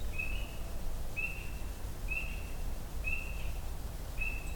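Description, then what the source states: Spring peeper calling, a clear high peep repeated about once a second, five times, over a constant low background rumble. Beverly Swamp, early April 2021, morning walk in spring.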